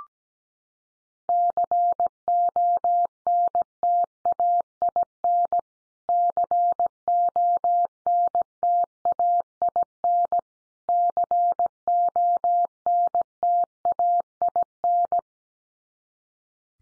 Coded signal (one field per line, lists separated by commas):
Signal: Morse code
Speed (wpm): 17 wpm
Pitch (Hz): 700 Hz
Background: none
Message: CONTAIN CONTAIN CONTAIN